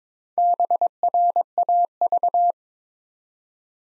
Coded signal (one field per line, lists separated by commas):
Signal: Morse code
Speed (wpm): 22 wpm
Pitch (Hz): 700 Hz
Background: none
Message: BRAV